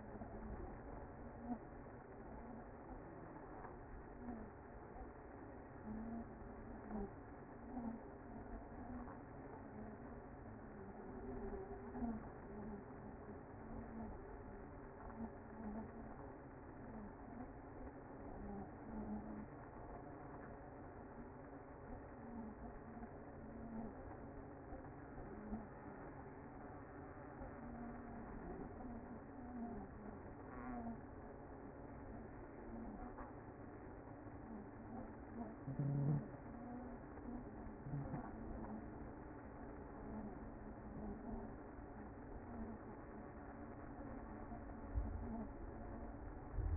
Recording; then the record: honeybee colony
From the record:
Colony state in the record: active